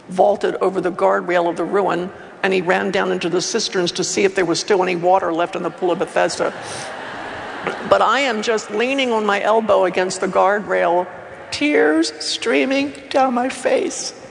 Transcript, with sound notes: vaulted over the guardrail to the ruin, and he ran down to the cistern to see if there was still any water left in the pool of Bethesda. (laughter) But I am just leaning on my elbow against the guardrail, tears streaming down my face.